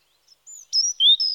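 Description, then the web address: European robin song, clear high sustained whistles stepping between pitches. Spring. "BBC Sound Effects Library Birds Robin (Erithacus Rubecula) Spring"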